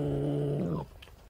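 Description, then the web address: Eurasian badger growl: a steady, buzzy low moan for under a second, then a brief upward slide before it stops, followed by quiet. "tejon. senda zorro"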